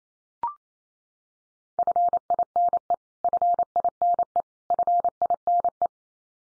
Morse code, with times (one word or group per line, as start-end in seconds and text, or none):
1.8-2.9 FINE
3.2-4.4 FINE
4.7-5.9 FINE